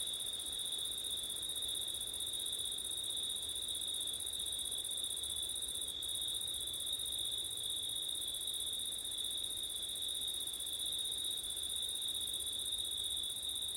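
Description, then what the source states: Crickets singing a constant high-pitched chorus with no pauses, over a low, steady hiss; the upper band drops out briefly near the middle. Crickets recorded on a windy September night.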